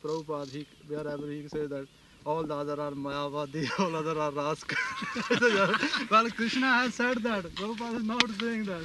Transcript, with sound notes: Prabhupāda, he, wherever, he say that all the other are Māyāvādī. All other are rascal." [laughter] "Well, Kṛṣṇa has said that. Prabhupāda is not doing that.